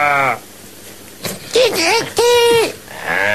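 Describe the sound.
A person imitates a sheep, giving two loud, quavering bleats in quick succession, with brief bits of speech just before and after.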